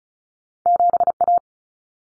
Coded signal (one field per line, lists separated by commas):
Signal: Morse code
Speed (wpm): 34 wpm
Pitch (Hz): 700 Hz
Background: none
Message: 7A